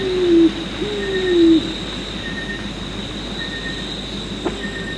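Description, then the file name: Pigeon cooing, two low, slightly falling hoots in the first second and a half, over a steady insect hum with faint repeated high tones. "afep pigeon"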